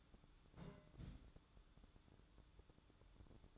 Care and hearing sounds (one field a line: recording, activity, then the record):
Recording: daily activity, microphone in the room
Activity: place on stove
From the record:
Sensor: 3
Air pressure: 1008.0 hPa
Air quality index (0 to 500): 127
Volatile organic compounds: 2 ppm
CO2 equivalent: 1052 ppm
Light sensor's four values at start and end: 9/21/8/8 and 9/21/8/8